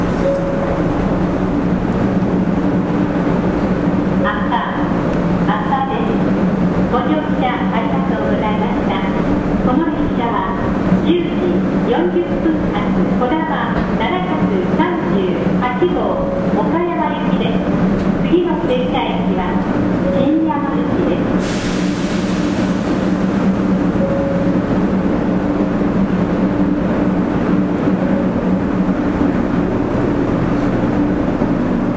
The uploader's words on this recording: 新幹線500系 山陽新幹線 こだま号 厚狭到着前から新山口まで. 新幹線500系電車の走行音です。 JR西日本 山陽新幹線で録音しました。 It is the running sound of the 500 series trains of the Shinkansen.